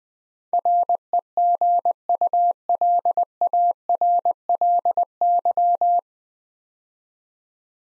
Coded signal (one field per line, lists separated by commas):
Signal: Morse code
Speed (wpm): 20 wpm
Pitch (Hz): 700 Hz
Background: none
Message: REGULARLY